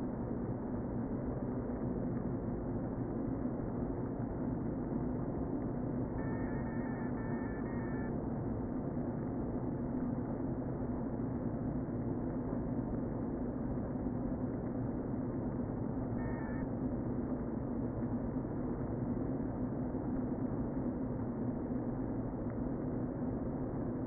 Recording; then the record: honeybee colony, microphone inside the hive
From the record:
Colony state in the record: queen present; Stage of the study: before two queens were removed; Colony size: about 60,000 bees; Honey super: yes